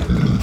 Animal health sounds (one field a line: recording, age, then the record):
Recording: pig call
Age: growing-finishing pig (85 days or more)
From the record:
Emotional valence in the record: positive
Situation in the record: run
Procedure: transit